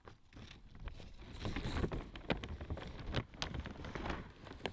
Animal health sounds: poultry house recording; no chicken sound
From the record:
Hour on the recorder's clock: 12

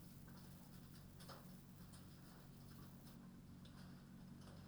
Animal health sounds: poultry house recording; no chicken sound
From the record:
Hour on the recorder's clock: 21

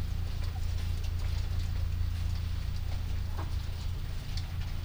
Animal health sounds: poultry house recording; sick chickens (respiratory disease)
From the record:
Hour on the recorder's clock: 1

